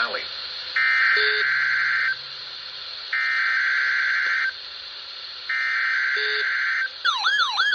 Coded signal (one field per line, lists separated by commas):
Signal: Emergency Alert System (SAME) tones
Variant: header bursts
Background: speech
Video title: EAS 4318-4320: Required Weekly Tests From 07/05/23